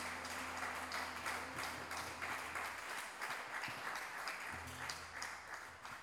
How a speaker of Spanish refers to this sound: Un aplauso fuerte para esta guerrera chilena.